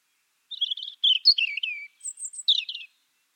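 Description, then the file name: European robin song: a short run of thin, high, varied warbled phrases, trilled notes and sliding whistles with brief pauses, in otherwise quiet surroundings. "Erithacus rubecula"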